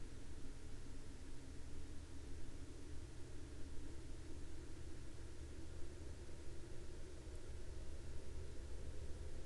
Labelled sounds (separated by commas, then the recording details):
aircraft
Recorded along the Dalton Highway, Alaska, on 2 May 2019 at 01:29
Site 09